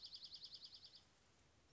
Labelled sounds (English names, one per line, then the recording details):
Dark-eyed Junco
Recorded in Sonoma County, California